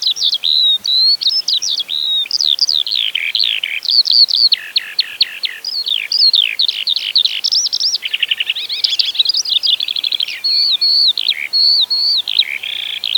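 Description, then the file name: Eurasian skylark song, a continuous high warbling stream of rapid trills, slurred whistles and buzzy notes pouring on without pause. "zhavoronok polevojj"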